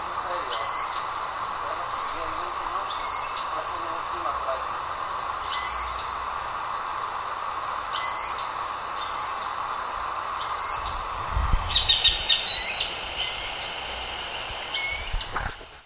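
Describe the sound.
Eared quetzal giving repeated squealing notes over a steady hum; near the end a louder jumble of other sounds and low rumbling takes over.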